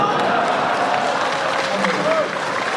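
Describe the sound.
A crowd applauds steadily for a few seconds, a dense, even wash of many hands clapping at once, with faint voices mixed into the noise.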